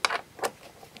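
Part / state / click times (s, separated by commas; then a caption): solution tube end from wet-vac quick-connect coupling / released / 0.1 s. On a Numatic George GVE 370 wet/dry vacuum cleaner, the collar on the metal quick-connect coupling is pushed back and the solution tube end pops out, releasing with a sharp pop at 0.05 s. Softer clicks follow around 0.45 s and near 1.0 s.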